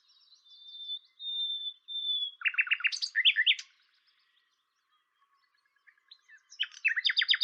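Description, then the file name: Common nightingale singing: long thin whistled notes sliding slightly downward, then a fast stuttering trill and sharp notes, a pause, and another rapid rattling phrase. "Luscinia megarhynchos"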